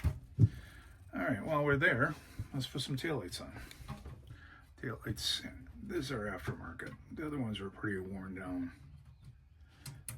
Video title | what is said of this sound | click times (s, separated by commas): Restoring an old Tonka toy, Terminix fleetside. | Easy to snap right in place. | 10.1 s